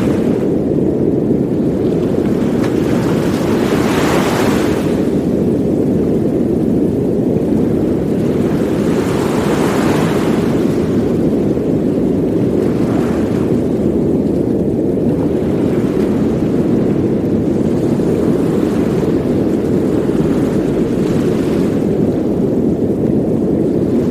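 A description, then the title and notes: Deep, steady brown noise forms a thick low rumble that never lets up, with ocean waves washing over it. Soft swells of brighter hiss rise and fade roughly every four to five seconds, near 4, 10, 13, 17 and 21 seconds, like surf rolling in. Beach Waves & Warm Brown Noise.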